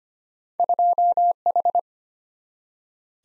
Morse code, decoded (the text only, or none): 2H